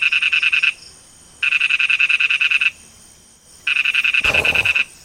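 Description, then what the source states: Lesser toad call: three bursts of rapid, buzzy pulsed trilling separated by short pauses, with a brief noisy rustle near the end. Ingerophrynus parvus, also called Malayan dwarf toad; played as a mystery call; shares its range with the Asian common toad; recorded by Zaharil Dzulkafly.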